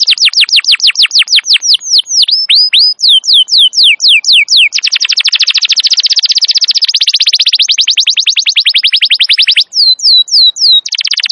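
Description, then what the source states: Atlantic canary singing in tours: rapid descending whistles, then slower swept notes, a long dense rattling trill, a few more swoops and another trill. Wild canary singing long and energetically; recording used as a master to lure or train canaries.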